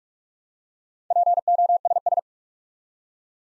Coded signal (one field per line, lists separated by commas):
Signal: Morse code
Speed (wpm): 44 wpm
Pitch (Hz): 700 Hz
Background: none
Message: POSS